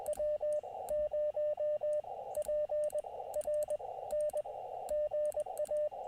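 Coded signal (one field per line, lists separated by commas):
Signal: Morse code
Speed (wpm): 21 wpm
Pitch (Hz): 600 Hz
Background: radio noise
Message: W0PRN GA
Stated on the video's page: Live QRP POTA CW activation, Elecraft KX2 at 5 watts into an EFHW antenna, battery powered, calling CQ mainly on 20 metres.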